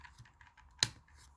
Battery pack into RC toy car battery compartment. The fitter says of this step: once it clicks you're set to go make sure you put the battery safe or it's not